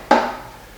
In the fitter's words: and then that snaps into place and then you just drop it down okay and you drop it down